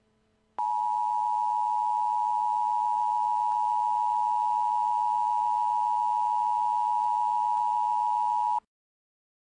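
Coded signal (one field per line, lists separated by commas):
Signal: Emergency Alert System (SAME) tones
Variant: 853 and 960 Hz attention tone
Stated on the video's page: Fictional EAS scenario alert about flying butts, a made-up creation.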